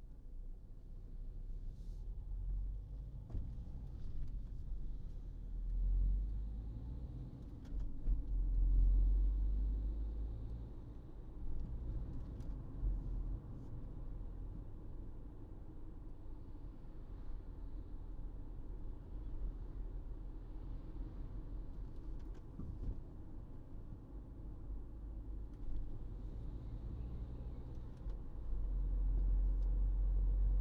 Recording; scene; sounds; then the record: everyday scene through a hearing-aid microphone; in a vehicle; engine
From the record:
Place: Berlingo II, diesel engine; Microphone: in the ear canal, right